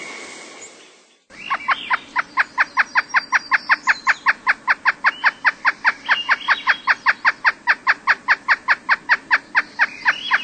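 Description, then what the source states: Pileated Woodpecker calling a long, steady, fast series of loud, clipped 'wuk' notes, continuing for about nine seconds after a brief lead-in. Mystery sound played from a sound library; largest woodpecker in North America, excluding the ivory-billed woodpecker.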